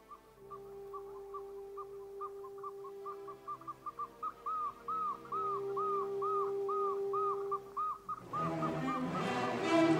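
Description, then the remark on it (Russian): A person whistles a nightingale-like melody, a run of quick repeated chirps that turn into looping, rising-and-falling notes over a low steady hum, then a burst of harsh noise at the end. “Небо над морем стало розоветь, и щелканье соловья перешло в мелодию.”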